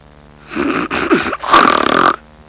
Snoring.